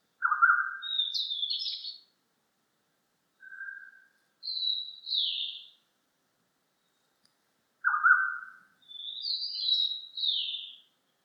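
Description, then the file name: Bird calls in three phrases, each a lower rough note followed by higher sliding notes, separated by short silences. Birds recorded at Alishan. "oiseaux alishan"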